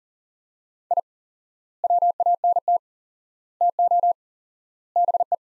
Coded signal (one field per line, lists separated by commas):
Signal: Morse code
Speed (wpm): 37 wpm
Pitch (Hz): 700 Hz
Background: none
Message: I WANT TO BE